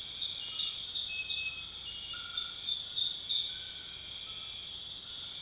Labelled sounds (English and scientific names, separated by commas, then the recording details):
none
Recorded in secondary vegetation near Puerto Asís, Putumayo, Colombia, on 25 June 2025 at 21:30
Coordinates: 0.485, -76.322
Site GP06